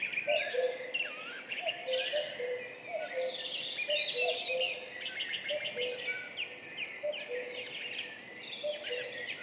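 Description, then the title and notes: Common cuckoos in duet, two birds' soft falling cu-coo calls interleaving under a loud, crowded chorus of high songbird notes. Duet of two common cuckoos, spring dawn at 5:20, 14 May 2019, Piste aux espagnols, Val Maravel; stereo recording with Mixpre3 recorder and MKH8020 microphones. "Duo de coucou. 14 mai 2019-Piste aux espagnols - Val Maravel - 5h20-Mixpr3-mkh8020-stereo. Ici, un mémorable duo de deux coucous gris"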